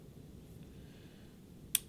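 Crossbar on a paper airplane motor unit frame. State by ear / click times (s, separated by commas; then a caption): seated / 1.8 s. The small crossbar of a PowerUp 4.0 paper-airplane power unit is placed parallel and then turned sideways on the plastic frame until it snaps into place. Over a faint low background, a single sharp, bright click at 1.8 s marks the crossbar seating firmly.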